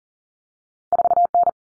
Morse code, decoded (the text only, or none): 4N